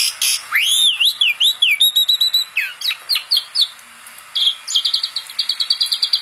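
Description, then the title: Asian pied starling song starting with a wavering whistled phrase, followed by clipped notes, a brief pause and a fast buzzy trill. Masteran (tutor) recording for songbirds, meant to fix birds that sing too little and are listless. "Masteran Jalak Suren Atasi Burung KURANG GACOR Dan LOYO"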